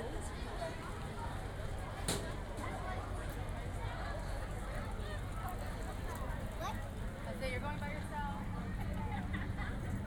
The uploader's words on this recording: Saturday at Disneyland Resort - Part 2 of 3. This audio adventure series, recorded live at disneyland resort contains lunch, a few rides and a LOT of the Disney sound experience.